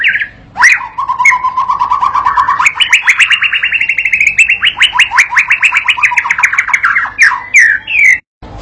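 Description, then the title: White-rumped shama song with a long rapid series of clipped repeated notes that steps up in pitch, then a few slurred notes at the end. Training and lure recording for young birds learning to sing; said to provoke an immediate answering song. "MURAI BATU PAUD BELAJAR GACOR, AJARI DENGAN MASTERAN PANCINGAN INI, PANCING LANGSUNG NYAUT"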